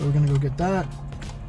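During a 10.25-inch Android head unit installation in a 2015 Lexus IS, a plastic interior trim piece for the dash is handled while someone talks, with faint handling noise afterward. Nothing has seated or clicked yet; the trim piece is not yet home.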